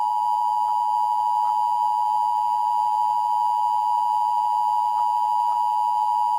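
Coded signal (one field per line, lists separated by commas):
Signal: Emergency Alert System (SAME) tones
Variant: 853 and 960 Hz attention tone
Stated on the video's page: Fictional EAS scenario, not a real alert.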